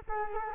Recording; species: mosquito wingbeat signal from an infrared sensor; Culex quinquefasciatus